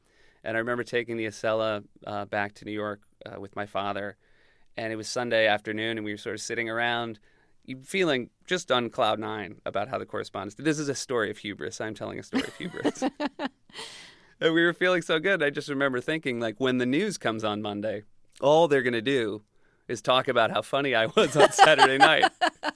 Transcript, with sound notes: and I remember taking the Acela back to New York with my father. And it was Sunday afternoon, and we were sort of sitting around feeling just on cloud nine about how the Correspondents - this is a story of hubris. I'm telling a story of hubris.
(LAUGHTER)
And we were feeling so good, and I just remember thinking, like, when the news comes Monday, all they're going to do is talk about how funny I was on Saturday night,